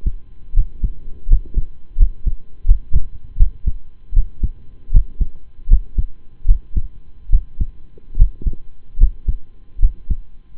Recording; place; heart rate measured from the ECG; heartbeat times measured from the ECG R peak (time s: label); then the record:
heart sounds by stethoscope; between the tricuspid and mitral areas; 78 bpm
0.53 s: heartbeat
1.27 s: heartbeat
1.96 s: heartbeat
2.65 s: heartbeat
3.36 s: heartbeat
4.13 s: heartbeat
4.91 s: heartbeat
5.67 s: heartbeat
6.45 s: heartbeat
7.30 s: heartbeat
8.16 s: heartbeat
8.97 s: heartbeat
9.79 s: heartbeat
From the record:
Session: rest, lying down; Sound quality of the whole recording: partially saturated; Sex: male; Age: 25 years